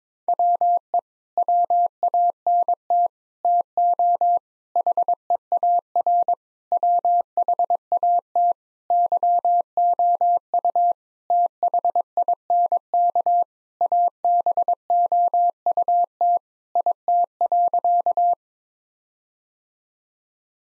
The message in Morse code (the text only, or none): WE WANT TO HEAR WHAT YOU THINK ABOUT IT.